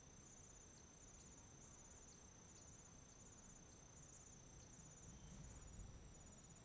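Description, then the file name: Cricket chirps as rapid high pulsed bursts, repeated steadily alongside a steady shrill tone, against steady background noise. Afternoon in Chapada dos Veadeiros park, with wind in the trees. "Ventando nas arvores a tarde parque chapada dos veadeiros com grilos, passaros e alguns passos na grama"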